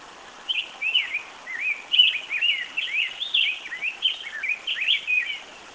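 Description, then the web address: Rose-breasted grosbeak singing a continuous, sweet warbled song of quick rising and falling slurred notes running throughout, over faint background hiss. Recorded 18 June 2010. "rose breasted grosbeak 061810"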